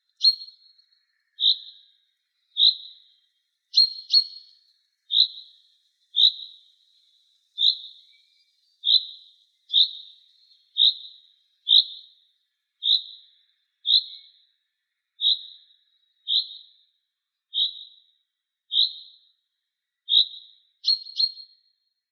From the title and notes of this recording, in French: Découvrir les oiseaux qui chantent autour du collège (à la belle saison !).